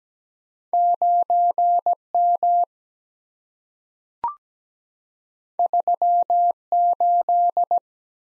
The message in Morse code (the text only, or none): 9 M 3 8